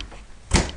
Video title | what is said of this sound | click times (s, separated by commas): Tardis DVD/Book Case (custom made) | nice click fit don't fall open or anything uh last thing | 0.6 s